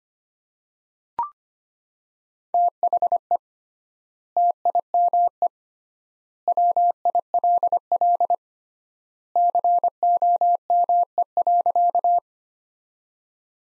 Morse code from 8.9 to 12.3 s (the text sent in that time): COME.